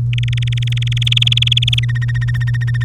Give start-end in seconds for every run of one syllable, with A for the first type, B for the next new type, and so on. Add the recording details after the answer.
0.13-1.79 A, 1.83-2.84 B. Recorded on 3 May 2018 at 09:03. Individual llb3